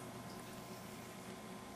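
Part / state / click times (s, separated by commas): wire in crimp connector / not seated / none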